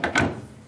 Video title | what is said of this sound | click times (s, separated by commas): Piano Lessons: Tuning and Reparing your Piano: Chapter 1 (Part 4 of 4) | and it snaps in place | 0.0 s